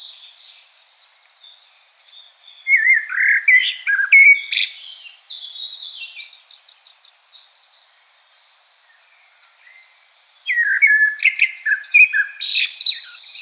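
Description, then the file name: Common blackbird song: two bouts of mellow, wavering fluty phrases mixed with high twittering, separated by several seconds of near silence. "Turdus merula"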